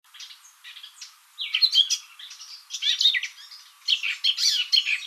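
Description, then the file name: Eurasian blackcap song, beginning with a few soft scratchy notes, then breaking into a louder, hurried warble of mixed fluty and chattering notes. "Sylvia atricapilla"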